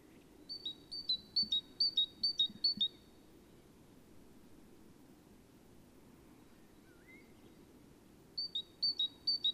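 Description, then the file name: Great tit repeating a clear high-low two-note phrase several times, falling silent, then resuming near the end over a low rumbling background. "Parus major"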